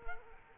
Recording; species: mosquito wingbeat signal from an infrared sensor; Culex quinquefasciatus